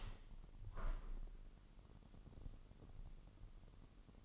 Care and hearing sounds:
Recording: daily activity, microphone in the room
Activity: open window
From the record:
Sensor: 4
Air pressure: 998.7 hPa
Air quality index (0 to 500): 114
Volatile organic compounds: 2 ppm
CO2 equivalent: 1118 ppm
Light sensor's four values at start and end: 10/24/9/10 and 10/24/9/10

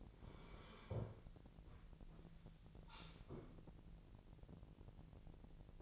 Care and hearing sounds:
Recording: daily activity, microphone in the room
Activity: sit down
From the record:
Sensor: 5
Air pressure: 1002.0 hPa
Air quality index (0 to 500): 247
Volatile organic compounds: 30 ppm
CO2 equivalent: 2964 ppm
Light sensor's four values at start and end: 40/95/39/43 and 40/95/40/43

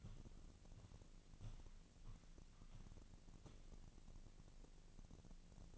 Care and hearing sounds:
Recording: daily activity, microphone in the room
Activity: walk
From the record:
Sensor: 4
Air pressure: 1013.0 hPa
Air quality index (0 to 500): 172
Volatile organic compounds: 2 ppm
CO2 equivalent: 1086 ppm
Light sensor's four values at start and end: 61/150/64/68 and 62/152/65/69

